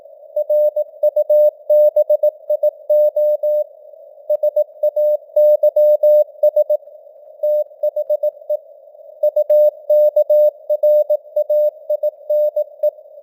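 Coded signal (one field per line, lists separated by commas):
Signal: Morse code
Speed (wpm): 18 wpm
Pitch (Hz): 600 Hz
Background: none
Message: RUBIO SAYS THE UKRAINE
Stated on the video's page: Simulated Morse news headlines at 18 wpm with simulated radio noise and varying signal strength (QSB).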